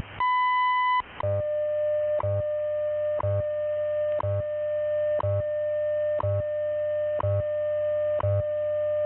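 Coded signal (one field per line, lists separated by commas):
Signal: radio time signal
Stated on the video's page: WWV time station on 5 MHz received via the Utah WebSDR, strong and clean.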